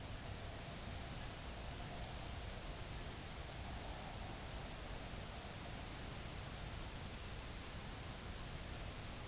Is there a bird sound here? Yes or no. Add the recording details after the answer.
no. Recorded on Arctic tundra, site UTQI-2, on 16 June 2019. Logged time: 10:00